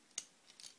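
The folded-up chest of an Ultra Magnus transforming-robot toy is handled and pushed so its two small plastic tabs line up with the holes in the toy's upper body. A sharp plastic tick sounds at about 0.2 s, followed by softer, faint clicks around 0.6 to 0.7 s. Nothing has seated or clicked into place yet.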